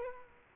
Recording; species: mosquito wingbeat signal from an infrared sensor; Culex quinquefasciatus